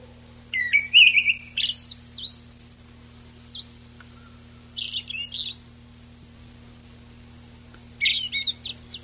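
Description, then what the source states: Eyebrowed thrush song: several phrases of whistled notes and high scratchy twitters. Recorded on 19 June 1991.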